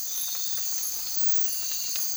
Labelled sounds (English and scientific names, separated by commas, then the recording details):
none
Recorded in dense forest near Puerto Asís, Putumayo, Colombia, on 19 March 2025 at 00:30
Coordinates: 0.503, -76.323
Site GP09